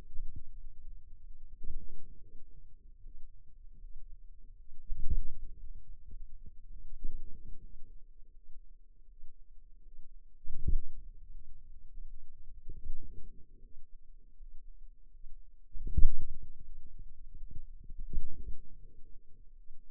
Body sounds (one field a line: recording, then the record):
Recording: forearm muscle sounds (acoustic myography)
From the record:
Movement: wrist flexion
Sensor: system 2, bracelet of six BSWA MPA416 microphones around the upper forearm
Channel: 2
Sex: female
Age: 23 years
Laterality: right